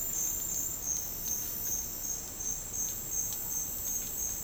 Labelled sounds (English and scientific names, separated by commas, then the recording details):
none
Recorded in secondary vegetation near Puerto Asís, Putumayo, Colombia, on 13 March 2025 at 09:30
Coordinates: 0.502, -76.326
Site G100